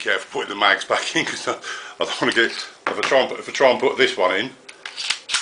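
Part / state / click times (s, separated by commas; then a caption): CO2 magazine into airsoft pistol grip / not seated / none. Someone talks while pushing a CO2 magazine into the grip of an ASG Dan Wesson Valor 1911 CO2 airsoft pistol, with a few brief, sharp knocks near the end at about 4.9, 5.1 and 5.3 seconds. Nothing has seated or clicked yet: the magazine fails to lock in and hangs out the bottom of the grip.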